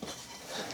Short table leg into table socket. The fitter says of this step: Locks in place.